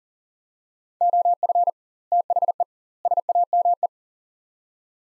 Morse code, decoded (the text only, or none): OF THE SAME